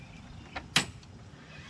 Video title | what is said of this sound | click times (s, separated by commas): NEW HOME DEPOT 2020 HONDA HRN216VKA GCV170 ENGINE 21” SELF PROPELLED LAWN MOWER UNBOXING TEST REVIEW | so you can do a height right different heights this this just clipped right in | 0.8 s